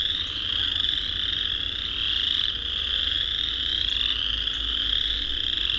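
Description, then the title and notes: Chorus frogs in a loud, unbroken chorus of rattling trills, countless callers overlapping. Dusk spring walk through a swamp; thousands, maybe tens of thousands, of calling chorus frogs; frogs use calls and songs to establish territory. "Vinemount Swamp, and will hear thousands, maybe tens of thousands, of chorus frogs"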